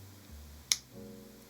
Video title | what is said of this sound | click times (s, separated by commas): How I’m using the Jobs-to-be-done (JTBD) framework to help me choose my planner system for 2025 | so I'm not sure if you heard that but it is indeed a very satisfying snap | 0.7 s